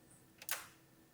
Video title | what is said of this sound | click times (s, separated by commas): How to replace the Optical Disk Drive on a PS5(common issues and solutions) | And then with a firm press down, it will click in | 0.4 s, 0.5 s